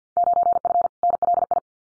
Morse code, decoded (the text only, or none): 9F NLI